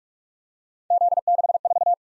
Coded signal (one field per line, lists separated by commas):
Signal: Morse code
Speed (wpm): 44 wpm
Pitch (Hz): 700 Hz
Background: none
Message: Z64